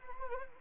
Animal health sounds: mosquito wingbeat signal from an infrared sensor; Anopheles arabiensis

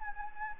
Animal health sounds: mosquito wingbeat signal from an infrared sensor; Anopheles gambiae

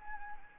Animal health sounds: mosquito wingbeat signal from an infrared sensor; Anopheles arabiensis

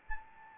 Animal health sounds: mosquito wingbeat signal from an infrared sensor; Anopheles arabiensis

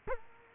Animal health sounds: mosquito wingbeat signal from an infrared sensor; Culex quinquefasciatus

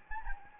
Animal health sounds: mosquito wingbeat signal from an infrared sensor; Anopheles gambiae

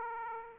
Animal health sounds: mosquito wingbeat signal from an infrared sensor; Aedes aegypti

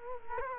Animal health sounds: mosquito wingbeat signal from an infrared sensor; Culex quinquefasciatus

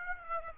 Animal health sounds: mosquito wingbeat signal from an infrared sensor; Aedes aegypti

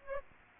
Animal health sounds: mosquito wingbeat signal from an infrared sensor; Aedes aegypti

